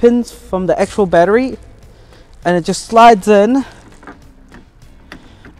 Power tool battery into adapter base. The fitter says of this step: and it has a positive click see oh wait there we go